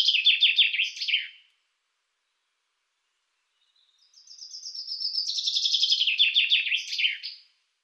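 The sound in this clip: Common chaffinch song: the tail of one phrase, a pause of about two seconds, then a full phrase of repeated notes falling in pitch and ending in a flourish.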